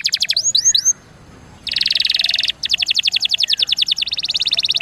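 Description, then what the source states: Atlantic canary song: a few curved whistled slurs, a short pause, then a dense buzzy roll followed by fast, even trilled notes. Song in the cengkok mewah (ornate) style.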